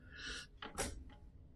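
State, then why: Seated. A motorized blind wand's mounting clip is rotated clockwise so it comes forward onto the window blind's tilt slot, with a short rustling sound before it. The clip snaps sharply into place at 0.6 s, followed by a brief bright scrape and faint rattles. The mount is seated.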